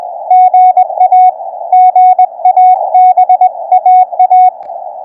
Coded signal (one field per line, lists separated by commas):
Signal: Morse code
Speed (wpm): 22 wpm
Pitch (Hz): 750 Hz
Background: radio noise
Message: GA GA BAA